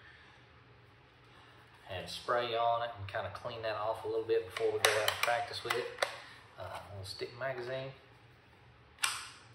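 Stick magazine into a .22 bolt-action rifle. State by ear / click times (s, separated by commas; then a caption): seated / 9.0 s. Someone talks, then a stick magazine is pushed into the magazine well of a Rossi RB22 bolt-action .22 rifle. A sharp, solid click at 9.0 s marks the magazine locking firmly in place.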